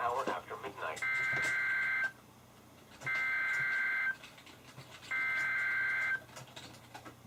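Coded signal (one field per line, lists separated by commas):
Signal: Emergency Alert System (SAME) tones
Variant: header bursts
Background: speech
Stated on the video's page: NOAA Weather Radio SAME alerts from KHB36, including coastal flood, special marine and severe thunderstorm warnings issued by NWS Sterling, VA.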